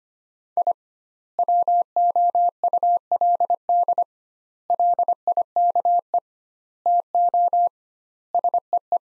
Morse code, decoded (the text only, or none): I WOULD LIKE TO SEE